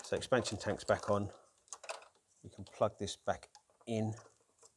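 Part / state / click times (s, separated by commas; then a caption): electrical connector into its socket on the engine / not seated / none. During reassembly after a starter motor replacement on a VW T5 2.5 TDI Automatic Transporter, with the expansion tank back on, a plastic electrical connector is handled near its socket on the engine while someone talks. A few faint, brief ticks of handling sound around 1.7–1.9 seconds. The connector has not seated or clicked in yet.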